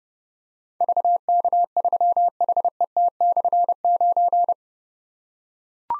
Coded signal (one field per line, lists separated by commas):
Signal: Morse code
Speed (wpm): 30 wpm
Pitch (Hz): 700 Hz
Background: none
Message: VK3HET/9